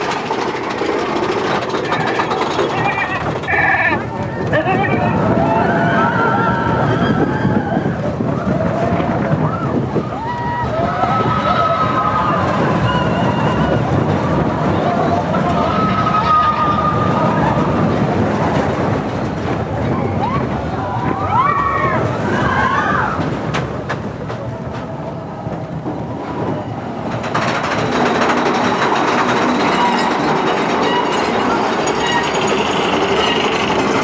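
A Big Thunder Mountain Railroad ride rumbles loudly and continuously, with rattling, squealing wheels, passing voices, and a sharper surge near twenty-seven seconds.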